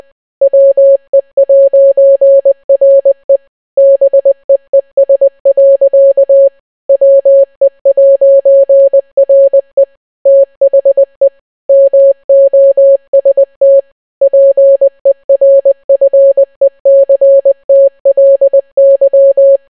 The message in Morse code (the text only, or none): WE'RE BEES. WE'RE THE MOST PERFECTLY